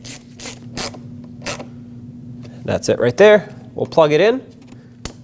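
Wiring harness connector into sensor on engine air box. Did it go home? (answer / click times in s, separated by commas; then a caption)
yes / 5.1 s. A wiring harness connector is plugged back into the sensor on the plastic engine air box of a 2006-2015 Lexus IS250, just after the new air box has been screwed down. Early on there are several short mechanical ratchet-like bursts, and in the middle someone talks. A sharp click at 5.1 s confirms the connector is seated and locked in.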